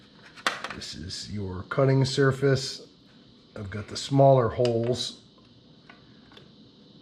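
A metal cutting blade is fitted into a meat grinder head and locks into place with a sharp metallic click at 0.5 seconds. Someone talks, and a few faint light taps follow near the end.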